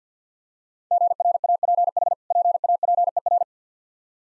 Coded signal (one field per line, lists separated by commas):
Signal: Morse code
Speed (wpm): 50 wpm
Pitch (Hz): 700 Hz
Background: none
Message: GRAPH PAPER